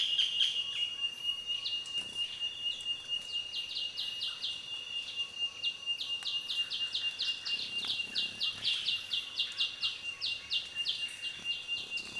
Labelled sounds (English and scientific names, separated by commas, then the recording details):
Olive-green Camaroptera (Camaroptera chloronota)
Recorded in Kibale, Uganda